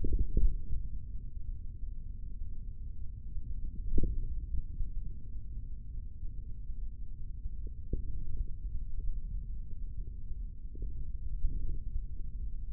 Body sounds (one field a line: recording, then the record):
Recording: forearm muscle sounds (acoustic myography)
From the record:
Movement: tripod grip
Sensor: system 3, bracelet of six PUI Audio POM-2738L microphones around the upper forearm, with dedicated amplification and filtering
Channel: 1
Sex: male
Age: 25 years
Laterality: right